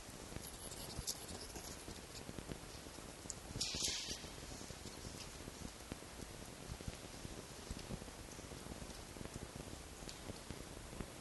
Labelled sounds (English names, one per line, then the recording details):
Red Fox
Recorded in captivity
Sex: group
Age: diverse
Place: Zoologisches Institut der HUB, Berlin, DE
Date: 1955-04-22 12:45
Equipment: Elmetra
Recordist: Tembrock, Günter